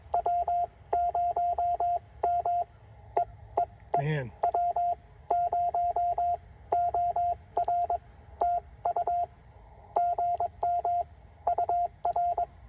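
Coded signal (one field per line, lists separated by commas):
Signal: Morse code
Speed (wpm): 22 wpm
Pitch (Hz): 700 Hz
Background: speech, radio noise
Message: W0 M E E E W0 OR TU GM UR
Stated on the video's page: CW Parks on the Air activation at a state park using a Penntek TR-45L, under poor conditions.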